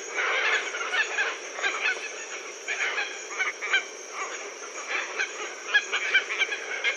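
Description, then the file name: Red-tailed tropicbird calls, many harsh, honking squawks overlapping in a constant chorus with a steady high hiss behind. "phaethon rubricauda"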